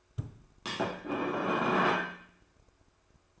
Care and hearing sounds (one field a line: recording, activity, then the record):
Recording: daily activity, microphone in the room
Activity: place plate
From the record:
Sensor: 2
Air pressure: 1004.2 hPa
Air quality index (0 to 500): 188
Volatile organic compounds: 10 ppm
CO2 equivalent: 2259 ppm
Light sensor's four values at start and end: 4/9/3/3 and 4/9/3/4